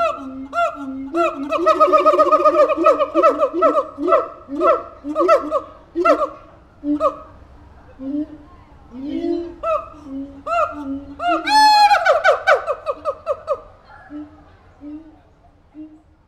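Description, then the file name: Siamang calls: loud series of hooting notes, rising and swelling into rapid barks and a shrill climax, then fading to low booming hoots. "Siamang Gibbon Calls"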